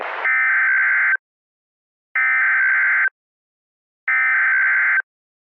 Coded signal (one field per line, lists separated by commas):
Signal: Emergency Alert System (SAME) tones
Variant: header bursts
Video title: EAS Scenario - Sanrio Invasion (REUPLOAD)